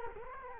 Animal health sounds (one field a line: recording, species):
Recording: mosquito wingbeat signal from an infrared sensor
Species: Culex quinquefasciatus